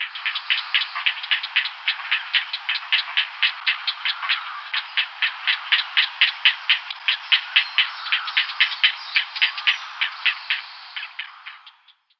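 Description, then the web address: Grey heron nestlings making a steady, rapid ticking chatter of dry clicking notes, kept up until it stops near the end. "Schulze Peter Grey Heron nestlings"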